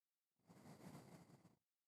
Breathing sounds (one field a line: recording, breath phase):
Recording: one breath near a microphone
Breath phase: exhalation